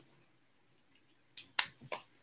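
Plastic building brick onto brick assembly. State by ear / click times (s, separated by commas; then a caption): not seated / none. A plastic building brick is pressed onto a brick assembly for the ISS 21321 build, giving a few faint ticks and then sharp plastic clacks near 1.4, 1.6 and 1.9 s. The brick does not engage and falls off, so nothing has clicked or seated.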